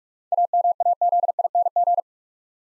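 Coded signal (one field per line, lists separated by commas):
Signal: Morse code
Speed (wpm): 46 wpm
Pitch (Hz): 700 Hz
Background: none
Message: AMAZING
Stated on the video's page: Seven-letter words sent at 45 wpm for head-copy practice, each word sent twice.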